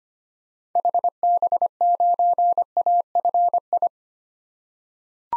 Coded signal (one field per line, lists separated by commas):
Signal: Morse code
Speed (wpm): 25 wpm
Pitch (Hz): 700 Hz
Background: none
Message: HB9AFI